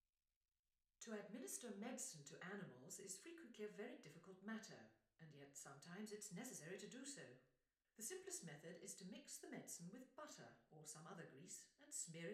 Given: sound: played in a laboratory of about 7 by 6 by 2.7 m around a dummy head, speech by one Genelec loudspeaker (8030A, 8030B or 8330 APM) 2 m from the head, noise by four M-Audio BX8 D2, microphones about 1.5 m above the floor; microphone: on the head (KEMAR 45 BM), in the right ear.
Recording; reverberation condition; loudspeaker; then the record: female speech in English; medium; 120 degrees to the right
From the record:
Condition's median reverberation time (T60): about 510 ms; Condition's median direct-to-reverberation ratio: about -0.5 dB